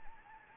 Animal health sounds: mosquito wingbeat signal from an infrared sensor; Anopheles gambiae

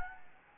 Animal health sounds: mosquito wingbeat signal from an infrared sensor; Anopheles gambiae

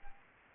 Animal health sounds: mosquito wingbeat signal from an infrared sensor; Aedes albopictus

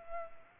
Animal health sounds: mosquito wingbeat signal from an infrared sensor; Culex pipiens

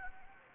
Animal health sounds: mosquito wingbeat signal from an infrared sensor; Anopheles gambiae

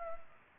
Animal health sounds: mosquito wingbeat signal from an infrared sensor; Culex pipiens

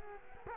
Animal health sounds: mosquito wingbeat signal from an infrared sensor; Culex quinquefasciatus

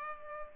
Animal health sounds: mosquito wingbeat signal from an infrared sensor; Culex pipiens

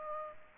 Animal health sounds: mosquito wingbeat signal from an infrared sensor; Aedes aegypti

